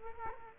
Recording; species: mosquito wingbeat signal from an infrared sensor; Culex quinquefasciatus